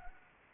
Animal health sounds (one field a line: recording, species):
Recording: mosquito wingbeat signal from an infrared sensor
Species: Anopheles arabiensis